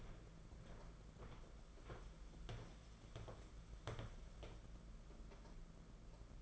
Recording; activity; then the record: daily activity, microphone in the room; walk to room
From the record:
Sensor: 5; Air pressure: 992.2 hPa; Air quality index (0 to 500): 214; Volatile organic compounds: 1000 ppm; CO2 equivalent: 6211 ppm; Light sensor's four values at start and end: 7/17/6/7 and 6/16/6/7